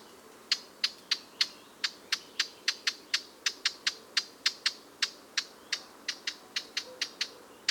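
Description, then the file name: Eurasian blackcap giving hard, dry tac calls, clicky and sharp, repeated several times a second in an irregular series over quiet background hiss. "Sylvia atricapilla"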